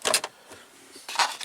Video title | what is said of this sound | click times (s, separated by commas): 2001 PT Cruiser After Market Radio And Siriusxm Radio Install | this just snaps back into place | 0.1 s